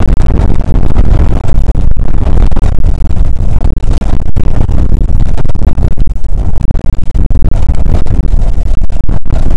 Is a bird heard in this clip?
no